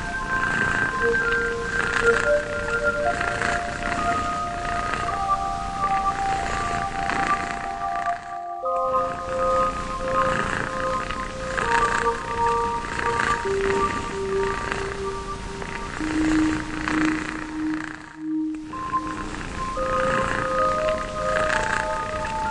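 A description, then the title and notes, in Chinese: A cat purrs in a dense, steady rasping rumble, with thin held tones stepping between pitches above it and two brief breaks around 8 and 18 seconds. 猫咪呼噜声。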